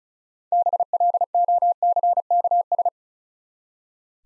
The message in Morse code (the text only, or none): BLOCKS